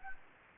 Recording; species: mosquito wingbeat signal from an infrared sensor; Anopheles gambiae